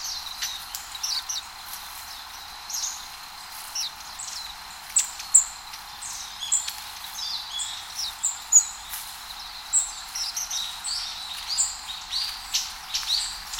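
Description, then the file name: Long-tailed tit calls: many thin, high, short notes and brief trilled bursts, scattered irregularly over a faint hiss. "enaga"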